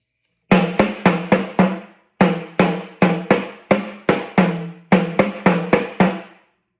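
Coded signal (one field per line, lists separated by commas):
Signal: talking drum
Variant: Yoruba, sakara drum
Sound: three phrases of sharp, ringing low drum strokes, about 17 strokes with short pauses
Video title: Ifa ni o pa ẹni to fi oju ekurọ wo Ọrunmila - by Jammal.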